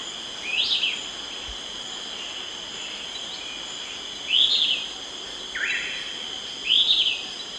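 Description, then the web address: Yellow-crowned elaenia singing brief arched whistles and a lower downslurred note at uneven intervals, against a steady high-pitched insect drone. Dawn song in the eastern lowlands of South America. "Natures Songs S America Eastern Lowlands. Myiopagis flavivertex, dawn song"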